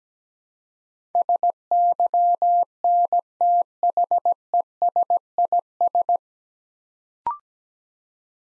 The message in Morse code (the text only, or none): SYNTHESIS